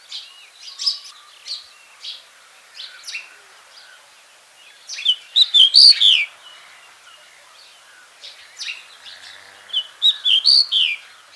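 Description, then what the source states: Pied bush chat song: short bursts of sweet whistled and scratchy notes, a louder warbling phrase around six seconds and another near ten seconds, with quiet pauses between. Papua New Guinea.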